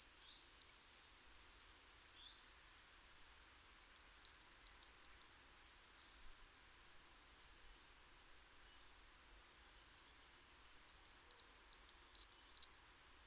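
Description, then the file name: Great tit song heard as three short bursts of squeaky paired notes, each burst a few rapid repetitions, separated by long stretches of silence. "Parus major"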